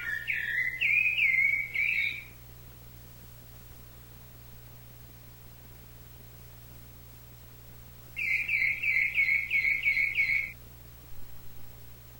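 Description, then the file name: Thrush song in two bursts of rapidly repeated warbled notes separated by a long pause, over a steady low hum. "SABIA"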